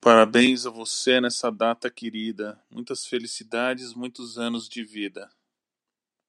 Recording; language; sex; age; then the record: short text; Brazilian Portuguese; male; 50 to 59 years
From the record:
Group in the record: control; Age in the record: 54 years